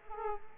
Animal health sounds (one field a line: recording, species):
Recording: mosquito wingbeat signal from an infrared sensor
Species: Aedes aegypti